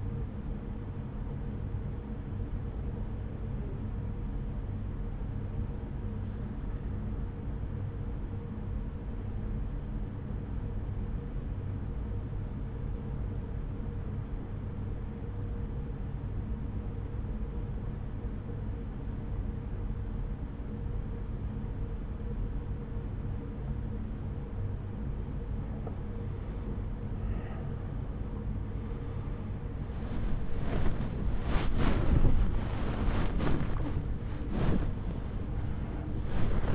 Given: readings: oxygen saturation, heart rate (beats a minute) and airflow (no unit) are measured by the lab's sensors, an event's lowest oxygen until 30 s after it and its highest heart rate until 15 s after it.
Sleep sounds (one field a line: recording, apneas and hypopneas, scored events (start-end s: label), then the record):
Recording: breathing in sleep by a smartphone at the bedside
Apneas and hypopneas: 1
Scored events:
9.00-27.20 s: obstructive apnea (N1, oxygen 93% highest, then 88% lowest)
30.00-36.75 s: new sleep stage, awake
31.00-36.75 s: awake
From the record:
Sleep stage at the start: N1 (lightest sleep)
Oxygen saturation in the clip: 89 to 93%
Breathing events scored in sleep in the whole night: 303 in 8.1 hours asleep